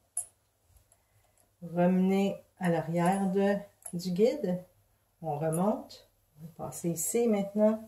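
Upper thread on a Singer 327 J sewing machine is passed between the two tension discs and pulled upward until it snaps into the guide with a sharp click at 0.2 s. A few faint soft ticks follow before someone talks. The thread is seated in the tension guide.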